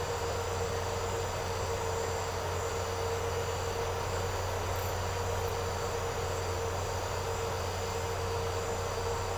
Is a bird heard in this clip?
no